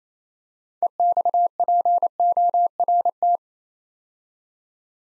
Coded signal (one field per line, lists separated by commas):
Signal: Morse code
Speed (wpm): 27 wpm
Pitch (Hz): 700 Hz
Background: none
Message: EXPORT